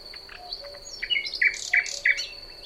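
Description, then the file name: Common nightingale song phrase of a few short, sharp chirped notes spaced irregularly, fairly soft, with a constant high-pitched insect drone behind. "Luscinia megarhynchos"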